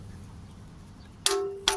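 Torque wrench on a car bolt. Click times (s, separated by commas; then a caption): 1.3 s, 1.7 s. A torque wrench set to 35 Nm tightens another bolt on a 2011 Nissan X-Trail during an oil change. It gives two sharp metallic clicks at 1.3 s and 1.7 s, each with a ringing tone that fades out. The clicks confirm the bolt has reached its set torque.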